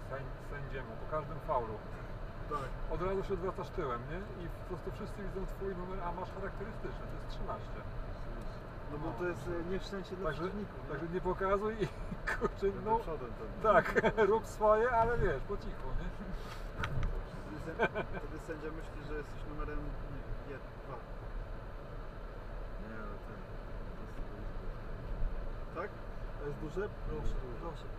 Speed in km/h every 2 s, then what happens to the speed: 59, 59, 59, 59, 59, 59, 56, 54, 53, 53, 52, 52, 53, 52.
0-28 steady at about 54.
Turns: none.